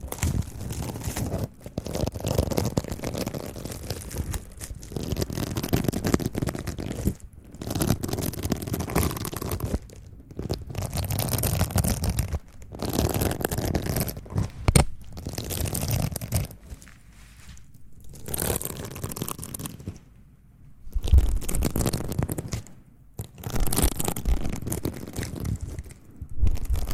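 Mouth sounds and mic pumping in bursts of scraping, swirling rustle, heavy in the low end, broken by abrupt silences and sharp taps.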